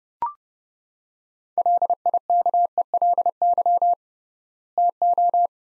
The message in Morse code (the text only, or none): LIKELY TO